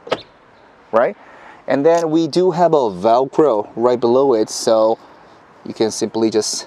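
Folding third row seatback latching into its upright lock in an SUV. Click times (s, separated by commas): 0.1 s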